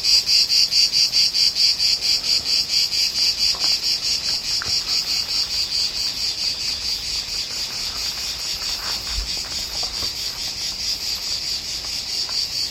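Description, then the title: Insect chirping, a high song of rapid, regular pulses, slowly fading, with a few faint clicks and a soft low thump. Pest insect on the Spartacus trail at Pilisszentlászló, Hungary. "斯巴达克斯路径，Pilisszentlászló，害虫，匈牙利"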